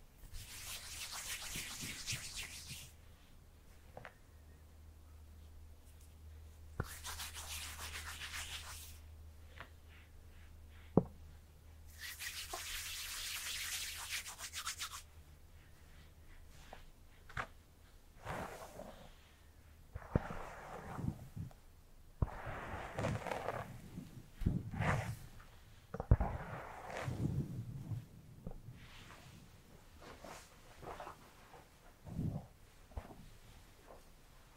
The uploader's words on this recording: ASMR Tingly Hairplay Brushing, Scalp Massage, Haircut (No Talking).